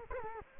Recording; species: mosquito wingbeat signal from an infrared sensor; Culex quinquefasciatus